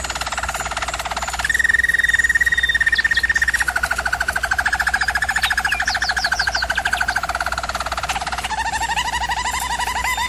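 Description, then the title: German Roller canary singing a level whistled tone, then pulsed rolling tours and a few quick high chirps, ending in a lower bubbling roll; steady low hum present. Canary training recording of a German Roller canary singing. "German Roller Canary Singing - Canary Training Vid"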